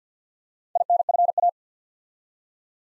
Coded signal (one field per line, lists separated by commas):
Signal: Morse code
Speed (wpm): 50 wpm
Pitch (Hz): 700 Hz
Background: none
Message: INFA